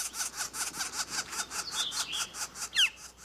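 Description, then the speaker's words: Northern Flicker calls: rapid, raspy, hissing notes repeated several times a second, with a few brief clearer notes near the end. Young bird calling from the ground; juveniles are leaving their nests at this time of year; not necessarily sick or injured. "This young northern flicker is calling from the ground."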